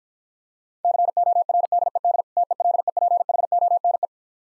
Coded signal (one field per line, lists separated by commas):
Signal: Morse code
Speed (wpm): 51 wpm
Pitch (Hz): 700 Hz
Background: none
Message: CORDED TELEPHONE